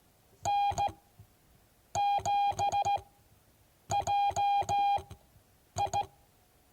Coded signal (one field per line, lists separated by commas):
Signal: Morse code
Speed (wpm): 16 wpm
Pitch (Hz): 810 Hz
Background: none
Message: N7JI